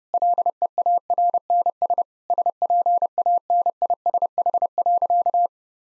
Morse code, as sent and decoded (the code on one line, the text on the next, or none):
.-.. . .- .-. -. ... / ... .--. .- -. .. ... .... .-.-.-
LEARNS SPANISH.